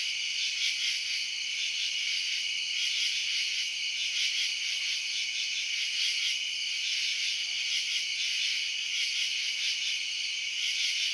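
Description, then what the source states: Cricket chorus of shrill, overlapping high chirps forming a constant wall of sound, pulsing gently and evenly without pause. Residential suburbs at night.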